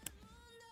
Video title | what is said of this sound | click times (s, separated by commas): VirtuE3 Build Part 3! | nice solid click. | 0.1 s